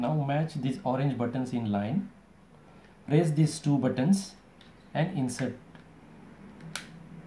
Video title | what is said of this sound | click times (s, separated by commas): ALAN Vessel Sealing Instrument Use & Wireless Footswitch | now you can hear a click sound | 6.8 s